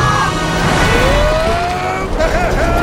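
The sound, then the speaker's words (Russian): A van's engine roars at speed downhill on a gravel road, its pitch sliding and rising as it races, with gritty road rumble and overlapping wailing sirens of five pursuing police cars, loud and continuous throughout. “Машина несется под гору по гравиевой дороге.”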